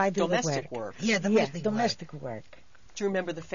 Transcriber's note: none